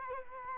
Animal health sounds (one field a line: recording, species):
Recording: mosquito wingbeat signal from an infrared sensor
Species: Culex quinquefasciatus